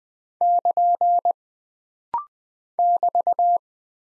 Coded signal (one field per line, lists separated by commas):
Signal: Morse code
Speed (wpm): 20 wpm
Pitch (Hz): 700 Hz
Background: none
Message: <KN> <BT>